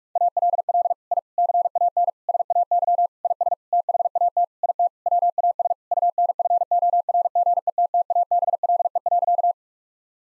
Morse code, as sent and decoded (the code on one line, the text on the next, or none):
.- .-.. .-.. / .. / -.-. .- -. / ... .- -.-- / .. ... / - .... .- - / .. - / .-- .- ... / ..- -. ..-. --- .-. --. . - - .- -... .-.. . .-.-.-
ALL I CAN SAY IS THAT IT WAS UNFORGETTABLE.